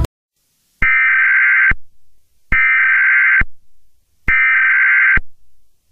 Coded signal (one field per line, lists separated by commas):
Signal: Emergency Alert System (SAME) tones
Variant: header bursts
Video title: Roblox Local Forecast & Emergency Alert System